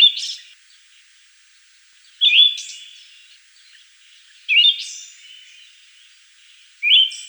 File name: Drozd sibirskij